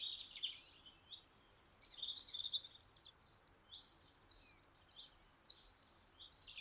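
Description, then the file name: Great tit song: after some twittering and a short trill, a clear run of alternating high and lower whistled notes repeats about twice per second. "Parus major"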